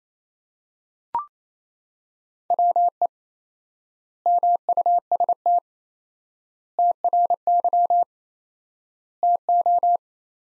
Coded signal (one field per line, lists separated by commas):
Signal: Morse code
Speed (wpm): 28 wpm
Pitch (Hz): 700 Hz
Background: none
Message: WE MUST TRY TO